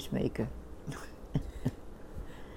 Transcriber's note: chuckles